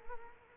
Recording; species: mosquito wingbeat signal from an infrared sensor; Culex quinquefasciatus